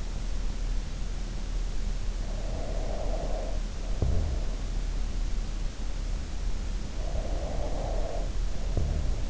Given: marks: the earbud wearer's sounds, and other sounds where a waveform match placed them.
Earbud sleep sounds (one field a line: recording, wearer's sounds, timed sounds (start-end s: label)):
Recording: sounds in sleep by an in-ear microphone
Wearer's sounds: breath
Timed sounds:
2.10-4.81 s: breath
7.23-9.30 s: breath